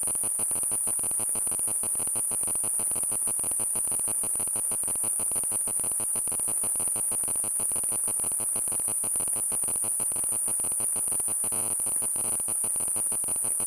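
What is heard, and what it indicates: A steady, very high-pitched whistling tone runs throughout over a dense, insect-like buzzing with rapid regular pulsing. This is a simulation of tinnitus, the ringing or buzzing that a person with the condition hears without any outside sound.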